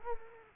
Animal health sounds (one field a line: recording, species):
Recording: mosquito wingbeat signal from an infrared sensor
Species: Culex quinquefasciatus